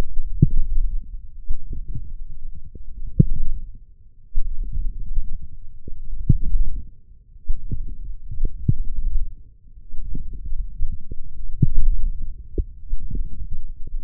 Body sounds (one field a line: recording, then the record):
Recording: forearm muscle sounds (acoustic myography)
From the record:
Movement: forearm pronation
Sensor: system 1, eight BSWA MPA416 microphones around the upper forearm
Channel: 8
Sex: male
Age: 20 years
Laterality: left